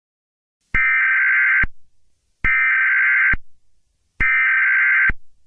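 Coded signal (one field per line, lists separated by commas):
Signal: Emergency Alert System (SAME) tones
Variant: header bursts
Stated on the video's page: Fictional Thanksgiving EAS scenario, not a real alert.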